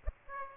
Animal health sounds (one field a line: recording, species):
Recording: mosquito wingbeat signal from an infrared sensor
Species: Aedes aegypti